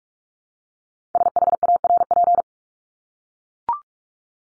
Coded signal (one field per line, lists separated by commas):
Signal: Morse code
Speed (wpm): 44 wpm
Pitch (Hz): 700 Hz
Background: none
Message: SHARP